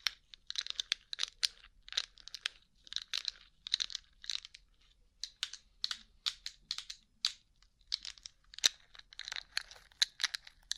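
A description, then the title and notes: Rhinestone-covered surface being tapped in quick, uneven bursts of bright crinkly clicks, about two per second, with brief pauses and no background sound. ASMR Rhinestone Covered Tapping 3Dio (No Talking).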